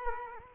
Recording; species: mosquito wingbeat signal from an infrared sensor; Culex quinquefasciatus